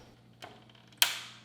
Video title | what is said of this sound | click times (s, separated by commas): How to replace the table top cover part # DA64-04189C on Samsung refrigerator | by inserting the switch on the left side, then depressing the right side until it snaps into place. | 1.0 s